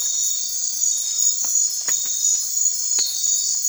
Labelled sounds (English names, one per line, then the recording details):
none
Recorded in secondary vegetation near Puerto Asís, Putumayo, Colombia, on 12 March 2025 at 02:00
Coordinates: 0.499, -76.323
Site G094